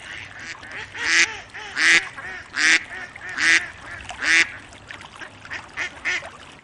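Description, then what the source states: Duck quacks, loud harsh calls repeated roughly every second, fading into softer quacks toward the end. Duck sounds that may evoke a day at a lake.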